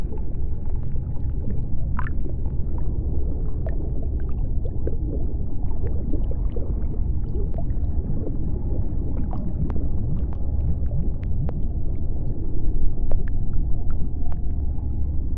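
An underwater city soundscape: a dense, steady low rumble and throb fills the whole clip, with a faint constant tone running through the middle. Scattered short clicks and pops dot the surface, a brief brighter sweep near two seconds, and the rumble swells slightly after twelve seconds.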